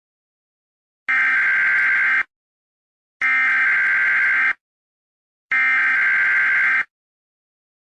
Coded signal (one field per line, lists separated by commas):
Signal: Emergency Alert System (SAME) tones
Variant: header bursts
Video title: UK EAS mock: Common sense education monstas are taking over the world